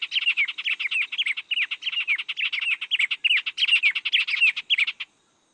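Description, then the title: White-rumped tanager calling with a rapid series of sharp, slurred chirps, some notes rising and falling, ending abruptly. Nominate subspecies hirundinacea. "LuckyPassaro Completos2Sama. White-rumped Tanager (Cypsnagra hirundinacea hirundinacea)"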